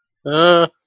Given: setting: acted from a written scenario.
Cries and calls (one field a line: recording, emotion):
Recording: vocal sound without words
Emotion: distress